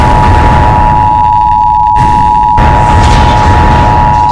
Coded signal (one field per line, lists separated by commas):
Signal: Emergency Alert System (SAME) tones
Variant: 853 and 960 Hz attention tone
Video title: EAS Scenario Story-A Varied Horror